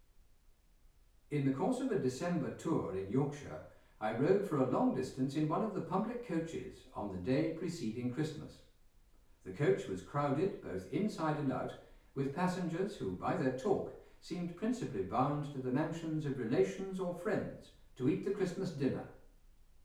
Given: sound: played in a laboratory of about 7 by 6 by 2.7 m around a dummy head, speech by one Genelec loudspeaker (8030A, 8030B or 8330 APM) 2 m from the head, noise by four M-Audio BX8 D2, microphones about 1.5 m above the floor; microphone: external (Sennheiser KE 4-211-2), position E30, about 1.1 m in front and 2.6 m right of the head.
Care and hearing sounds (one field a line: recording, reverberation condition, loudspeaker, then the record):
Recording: male speech in English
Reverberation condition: medium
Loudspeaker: behind (180 degrees)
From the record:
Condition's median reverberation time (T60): about 510 ms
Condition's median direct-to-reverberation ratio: about -0.5 dB